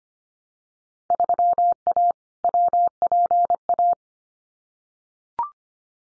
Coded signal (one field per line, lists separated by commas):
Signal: Morse code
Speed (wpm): 25 wpm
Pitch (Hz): 700 Hz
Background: none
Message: 3A WPA